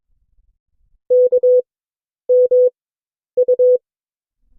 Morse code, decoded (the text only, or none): K M U